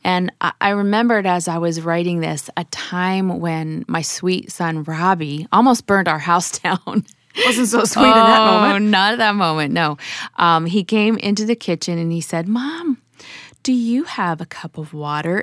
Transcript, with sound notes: And I remembered, as I was writing this, a time when my sweet son Robbie almost burned our house down.
He wasn’t so sweet at that moment! (laughter)
Oh, not at that moment, no. He came into the kitchen, and he said, “Mom, do you have a cup of water?”